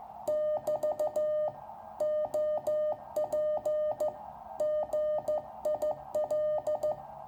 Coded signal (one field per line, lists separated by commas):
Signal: Morse code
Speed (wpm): 14 wpm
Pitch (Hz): 610 Hz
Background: music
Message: <BT> OP GIL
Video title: The Resurrection of the Small Wonder Labs SW+ Radio, Pt2.